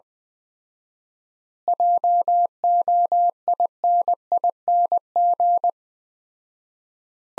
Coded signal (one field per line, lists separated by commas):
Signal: Morse code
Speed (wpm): 20 wpm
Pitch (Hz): 700 Hz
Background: none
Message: JOINING